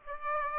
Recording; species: mosquito wingbeat signal from an infrared sensor; Aedes aegypti